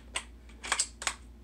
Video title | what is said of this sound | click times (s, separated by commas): Ruger 10/22 takedown lite unboxing! | right in it locks into place hey | 1.0 s, 1.1 s